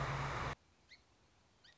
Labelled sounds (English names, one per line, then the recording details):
Song Sparrow
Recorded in Sonoma County, California